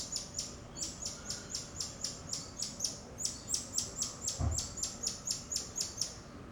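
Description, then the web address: Bird giving a steady run of short, high, sharp chirps, about three each second, with one low thump midway and faint background noise. Outdoor ambience in a suburb of Rio de Janeiro. "Monte Sound - Atmospheres of Rio de Janeiro 010 AMB External Rio Subburb Birds Dogs Monkeys"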